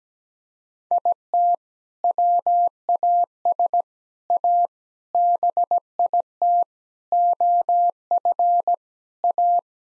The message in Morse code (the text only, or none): IT WAS A BIT OF A